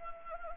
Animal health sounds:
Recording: mosquito wingbeat signal from an infrared sensor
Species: Anopheles arabiensis

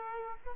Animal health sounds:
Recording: mosquito wingbeat signal from an infrared sensor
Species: Aedes aegypti

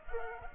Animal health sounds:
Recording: mosquito wingbeat signal from an infrared sensor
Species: Culex pipiens

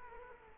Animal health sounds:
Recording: mosquito wingbeat signal from an infrared sensor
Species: Culex quinquefasciatus

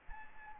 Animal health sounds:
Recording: mosquito wingbeat signal from an infrared sensor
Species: Anopheles gambiae

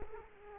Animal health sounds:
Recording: mosquito wingbeat signal from an infrared sensor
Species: Culex quinquefasciatus

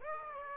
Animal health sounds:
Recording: mosquito wingbeat signal from an infrared sensor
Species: Aedes aegypti

